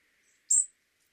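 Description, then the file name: European robin calling one short, thin, high seep note that stands out clearly against a quiet, steady background hiss. "Erithacus rubecula"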